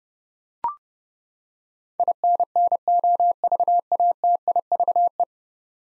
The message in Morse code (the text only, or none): INNOVATIVE